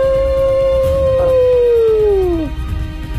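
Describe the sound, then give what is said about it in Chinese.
A single long wolf howl, a steady mid-pitched tone that holds for about two seconds before bending downward and fading out, with a low rumbling background underneath. “这个孤军奋战的男人眼神中透着无比的自信，将用那杆纤细的枪挑战狼群的洪流。嗷！”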